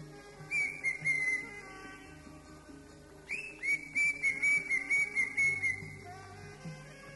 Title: Cio. Kicau Burung Cucak Ijo